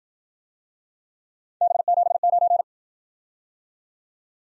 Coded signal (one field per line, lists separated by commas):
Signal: Morse code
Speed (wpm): 52 wpm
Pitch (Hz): 700 Hz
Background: none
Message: B79